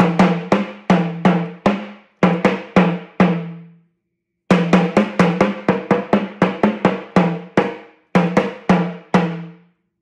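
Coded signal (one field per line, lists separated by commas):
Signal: talking drum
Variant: Yoruba sakara drum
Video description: Playing "Aṣiri Wa Tẹ Nfẹju Toto Mọ" with the Yoruba Orunsha Sakara talking drum by Jammal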